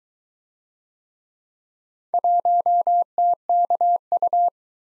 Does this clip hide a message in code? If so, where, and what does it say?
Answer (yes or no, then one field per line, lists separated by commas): yes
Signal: Morse code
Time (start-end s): 2.1-4.5 s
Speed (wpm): 22 wpm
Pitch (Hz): 700 Hz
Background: none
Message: 1TKU